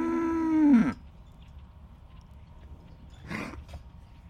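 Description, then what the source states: Cattle moo: a loud, steady bellow that drops off sharply after under a second, then a short, rough huff a few seconds later over low background rumble. Impatient cattle lined up by a roadside pasture waiting for breakfast in the morning, recorded during a pit stop on the way home.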